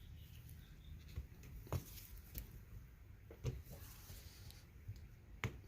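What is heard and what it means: A replacement fuel pump assembly for a Honda Civic is pushed all the way into its opening in the fuel tank. Faint handling noise and a few soft knocks lead up to a sharp snap at 5.4 s, where the assembly seats in place.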